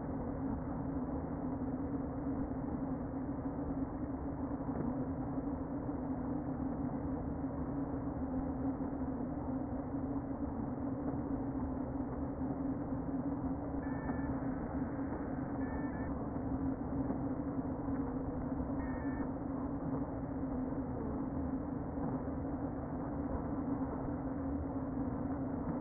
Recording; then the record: honeybee colony, microphone inside the hive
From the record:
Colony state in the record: queen present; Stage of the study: before two queens were removed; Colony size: about 60,000 bees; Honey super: yes